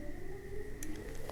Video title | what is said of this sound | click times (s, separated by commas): Washing Machine Mein Pressure Sensor Problem? Full Check & Repair Guide in Hindi | इस तरह ऐसे आके बंद लॉक हो जाता है | 0.8 s